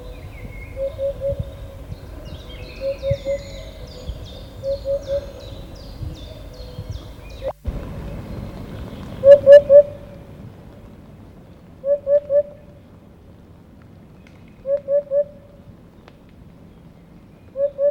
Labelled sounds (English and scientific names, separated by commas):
Eurasian Hoopoe (Upupa epops) song